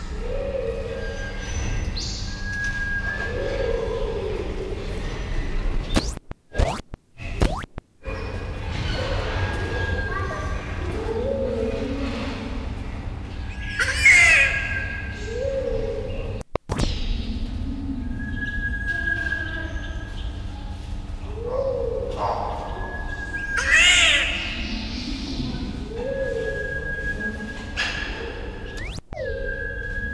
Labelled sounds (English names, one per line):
Sunbittern